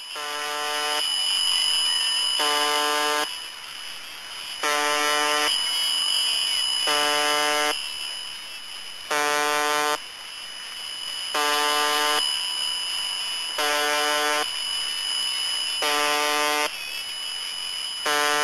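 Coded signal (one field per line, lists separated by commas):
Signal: channel marker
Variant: UVB-76 (The Buzzer)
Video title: The Conet Project - The Buzzer, the Pip, and the Squeaky Wheel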